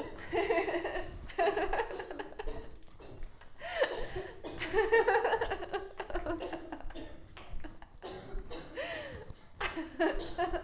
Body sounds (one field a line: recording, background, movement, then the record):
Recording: laughter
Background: a bystander coughing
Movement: walking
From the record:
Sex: female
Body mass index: 18.3 kg/m2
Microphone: on the chest, facing outward